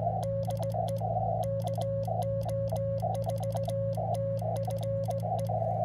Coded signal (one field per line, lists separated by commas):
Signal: Morse code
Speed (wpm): 17 wpm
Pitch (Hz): 560 Hz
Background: none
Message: DE KO4TFE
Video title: Calling for help at K-1256 - A troubled POTA straight key activation #cw #pota #parksontheair #qrp